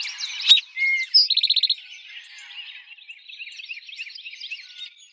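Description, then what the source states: Eastern towhee gives one song, a crisp opening note, a short lower whistle and a rapid rattling trill, over a constant background of twittering birds. Recorded in 2007.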